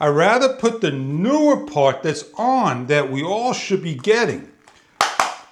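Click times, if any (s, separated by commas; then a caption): 5.0 s. Someone talks for the first few seconds while handling a newer replacement plastic part for an American Standard 4215a toilet tank valve, used to cure the valve leak after the old part would not snap on without forcing. After a short pause, the part is pressed onto its mating piece and gives a loud, sharp snap at 5.0 s, followed by a quieter click. The part is seated.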